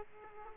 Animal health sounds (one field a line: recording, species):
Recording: mosquito wingbeat signal from an infrared sensor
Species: Aedes aegypti